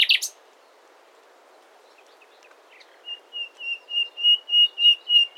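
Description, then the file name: Common nightingale song: a short buzzy note, then quiet, then a crescendo series of steady whistled notes repeated several times a second. "Luscinia megarhynchos"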